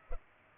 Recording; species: mosquito wingbeat signal from an infrared sensor; Culex pipiens